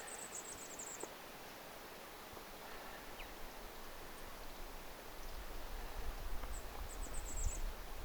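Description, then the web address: Goldcrest calling in quick runs of very high, thin notes near the start and again near the end, over a rushing noisy background with low rumble. Goldcrest calls; recorded 30 August 2025. "paivat 30 8 2025 tuollaista hippiaisen aantelya"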